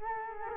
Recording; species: mosquito wingbeat signal from an infrared sensor; Culex quinquefasciatus